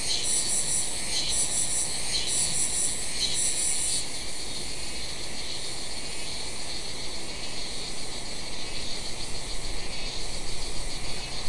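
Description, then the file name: Insects chirping: pulsed high trills in short bursts for about four seconds over a steady high-pitched hum, with a continuous low rumble beneath. "mainly insect"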